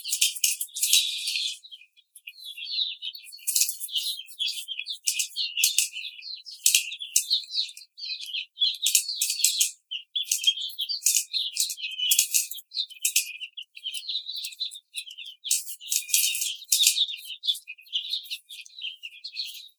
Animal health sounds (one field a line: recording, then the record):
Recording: young laying hens in a cage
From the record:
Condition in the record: treatment cage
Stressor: simulated dog barking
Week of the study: 5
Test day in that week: 1